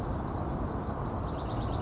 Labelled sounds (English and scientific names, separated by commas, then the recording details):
Grasshopper Sparrow (Ammodramus savannarum)
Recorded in Sonoma County, California